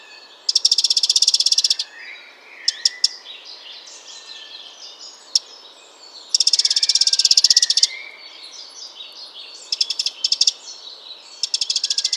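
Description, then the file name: Eurasian wren rattling calls, high rapid ticking bursts lasting up to about one and a half seconds, repeated several times, with softer notes between them. "Troglodytes troglodytes"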